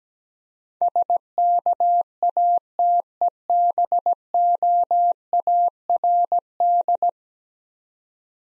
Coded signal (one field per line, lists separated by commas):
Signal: Morse code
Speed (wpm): 17 wpm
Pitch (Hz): 700 Hz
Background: none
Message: SKATEBOARD